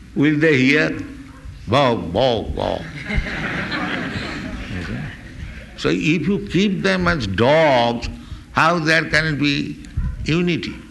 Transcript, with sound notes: Will they hear? Bow, bow, bow. [laughter] You see? So if you keep them as dogs, how there can be unity?